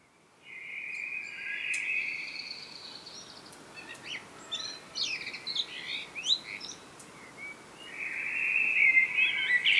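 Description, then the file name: Common blackbird song with a long fluty warbled phrase, a burst of scratchy high twittering in the middle, then another mellow phrase at the end. "Turdus merula"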